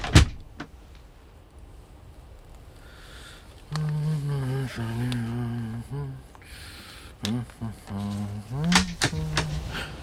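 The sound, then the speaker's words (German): A sharp clack as a sleeping-car compartment door on a train slides open, followed by a couple of faint clicks and a quiet pause before people begin talking. “Oh, Entschuldigung, ich habe mich in der Tür geirrt.”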